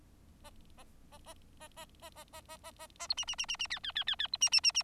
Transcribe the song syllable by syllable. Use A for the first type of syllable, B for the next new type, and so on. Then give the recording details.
A A A A A A A A A A A A A B C C C C C D D D D D B C C C C. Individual Bird4